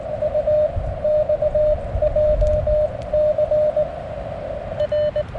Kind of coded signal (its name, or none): Morse code